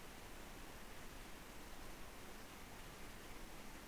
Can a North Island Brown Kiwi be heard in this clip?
no